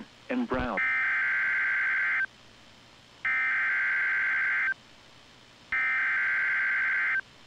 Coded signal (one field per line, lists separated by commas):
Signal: Emergency Alert System (SAME) tones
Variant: header bursts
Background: speech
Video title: Severe Weather: NOAA Weather Radio KIH-42 - March 25-26, 2021